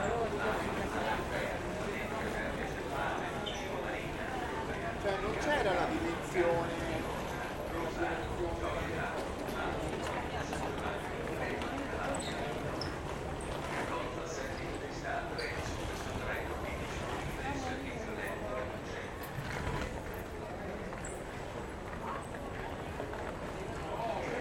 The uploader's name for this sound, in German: Chaos im Hauptbahnhof von Bologna